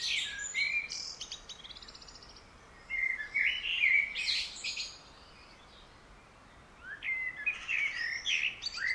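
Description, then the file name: Common blackbird singing in three bursts of warbled notes and high twittering, with quiet gaps between them. "Turdus merula"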